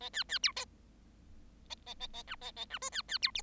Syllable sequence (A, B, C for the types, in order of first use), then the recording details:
A B B C A A A A D A A D E B B C F. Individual Bird7